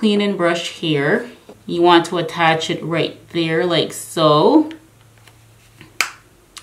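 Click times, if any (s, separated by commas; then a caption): 6.0 s. Someone talks while a plastic cleaning brush head is pushed onto the handle of an electric facial spin-care device. The head snaps into place with a sharp click at 6.0 s, and it is seated.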